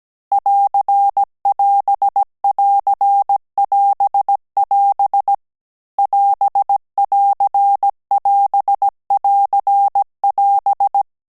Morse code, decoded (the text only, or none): <AR><AS><AR><AS><AS> <AS><AR><AS><AR><AS>